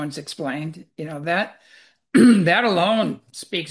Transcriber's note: clears throat